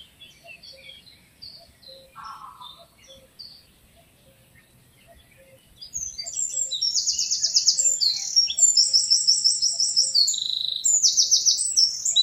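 Eurasian wren singing: sparse soft chirps and a short low buzz at first, then a loud, fast, high trilling phrase bursts in halfway and runs to the end.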